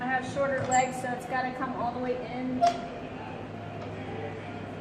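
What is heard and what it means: Someone talks while handling the leg length adjuster on a leg curl machine, which is to be pushed all the way in until its metal pin locks. The adjuster is handled but not yet home: nothing has seated or clicked yet.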